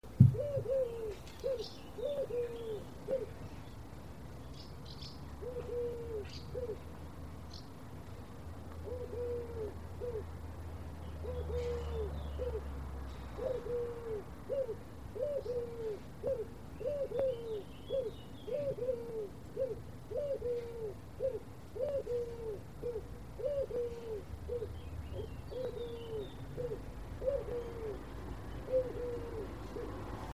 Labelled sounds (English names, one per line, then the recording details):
Eurasian Collared Dove
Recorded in the wild
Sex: male
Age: adult
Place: Tiuccia, Corsica, FR
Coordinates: 42.0703, 8.73083
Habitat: Machia
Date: 2011-07-25
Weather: sunny, 15°C, weak wind
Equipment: Zoom H2, rear micophones
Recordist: Frommolt, Karl-Heinz
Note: Zeltplatz U Sommalu: Rufe einer Türkentaube